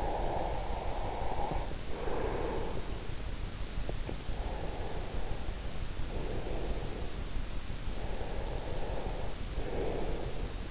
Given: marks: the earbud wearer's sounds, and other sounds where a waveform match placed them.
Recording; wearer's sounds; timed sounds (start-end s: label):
sounds in sleep by an in-ear microphone; breath
0.00-3.57 s: breath
3.75-7.32 s: breath
8.03-10.71 s: breath